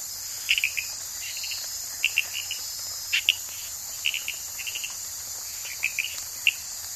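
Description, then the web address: Sarayacu tree frog calling with short clicky chirps, often in pairs or triplets, repeated irregularly about once a second over a steady high insect chorus. Recorded in the Ecuadorian Amazon. "Natures Songs. Frogs of Ecuadorian Amazon Hyla sarayacuensis"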